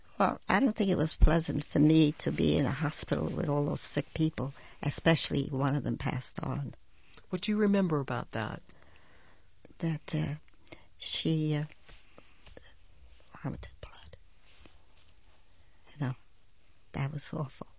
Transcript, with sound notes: Well, I don't think it was pleasant for me to be in a hospital with all those sick people, especially one of them passed on.
What do you remember about that?
That, uh, she, uh, ( she whispers ) vomited blood. That was awful.